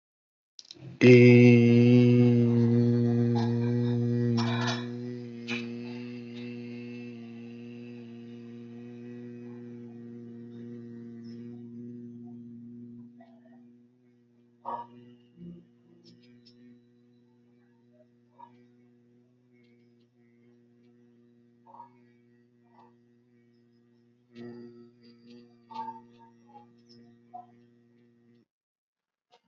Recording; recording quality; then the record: sustained vowel as in beet; excellent, no background noise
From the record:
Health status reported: healthy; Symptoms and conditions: none ticked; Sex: male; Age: 32 years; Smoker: not ticked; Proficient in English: yes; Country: India